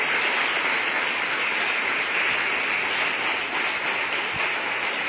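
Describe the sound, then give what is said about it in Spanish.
Steady, dense applause from a crowd applauding the Lord during the Christian program Historia del Futuro, a continuous wash of clapping that holds at an even level for about five seconds with no voices over it. “Un fuerte aplauso al Señor.”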